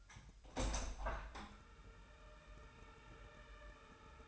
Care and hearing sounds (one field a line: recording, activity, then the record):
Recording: daily activity, microphone in the room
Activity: open window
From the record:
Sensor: 2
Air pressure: 999.7 hPa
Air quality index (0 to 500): 218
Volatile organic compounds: 46 ppm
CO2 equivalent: 3242 ppm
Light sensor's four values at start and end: 8/19/8/8 and 8/20/8/8